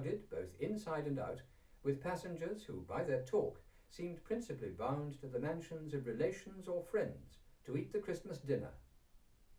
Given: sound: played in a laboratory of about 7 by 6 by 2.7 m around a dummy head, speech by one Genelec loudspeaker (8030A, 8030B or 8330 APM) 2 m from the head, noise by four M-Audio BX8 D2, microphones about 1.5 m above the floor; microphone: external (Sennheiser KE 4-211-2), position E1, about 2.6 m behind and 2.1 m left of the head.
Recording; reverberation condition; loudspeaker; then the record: male speech in English; low; in front (0 degrees)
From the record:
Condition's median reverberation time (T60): about 310 ms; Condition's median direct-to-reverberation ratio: about 3.5 dB